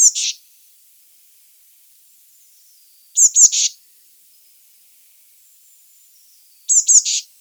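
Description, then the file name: Eurasian blue tit calls: two or three thin high notes then a short buzzy churr, repeated three times. "Cyanistes caeruleus"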